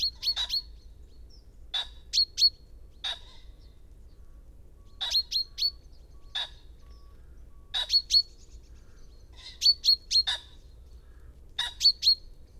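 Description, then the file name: Common chaffinch giving crisp high call notes, singly or in small bunches of two to four, spaced irregularly. "Fringilla coelebs"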